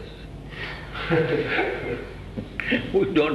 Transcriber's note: laughter